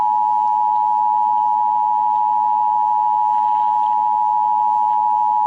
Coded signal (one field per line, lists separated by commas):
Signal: Emergency Alert System (SAME) tones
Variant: 853 and 960 Hz attention tone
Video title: (EAS #536) Flash Flood Warning (WBAP-AM)